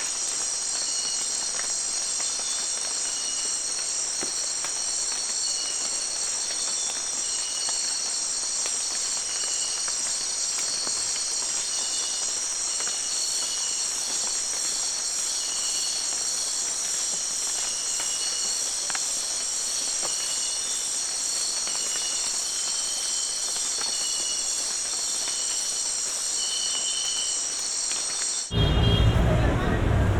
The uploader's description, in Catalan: enregistraments de camp d’entorns medioambientals en procés de canvi irreversible